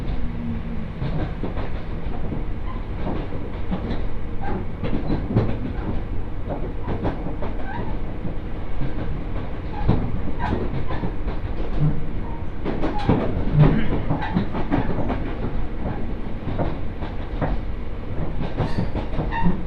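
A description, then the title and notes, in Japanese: A ride aboard a local train, heard from inside the carriage. A steady, dense low rumble runs throughout, with frequent sharp clacks and rattles from the wheels and car body, and a couple of brief low hums near the middle. 鉄道旅 水島臨海鉄道 倉敷市→三菱自工前。平日の水島臨海鉄道、工場地帯を通る路線ゆえに終点の三菱自工前まで行く列車は日中になると1時間以上空く時間帯も出てきます。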